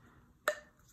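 An axle end cap is pushed by hand onto a DT Swiss rear bicycle hub during its conversion from 142x12mm thru-axle to 135x9mm quick release. A single sharp, bright click at 0.5 s rings out briefly over a quiet background, followed by a faint tick near 0.8 s. The end cap seats in place.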